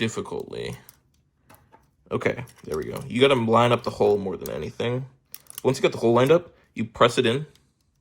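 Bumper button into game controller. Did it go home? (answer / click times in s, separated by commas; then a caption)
no / none. Someone talks while a replacement LB/RB bumper button is lined up with its hole and handled against the shell of an Xbox Series X controller, ready to be pressed in. Only quiet handling sounds come through between the talk. The button has not seated or clicked into place yet.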